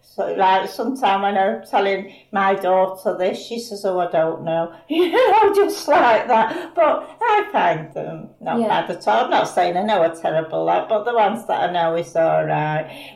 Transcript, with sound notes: Like sometime I know telling my daughter this she says, oh I don't know, [laughs] just like that but I find them not bad at all. I'm not saying they're never terrible like but the ones that I know is all right.